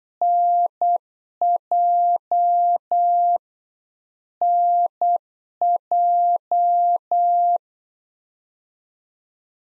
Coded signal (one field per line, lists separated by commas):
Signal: Morse code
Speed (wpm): 8 wpm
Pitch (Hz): 700 Hz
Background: none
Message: NJ NJ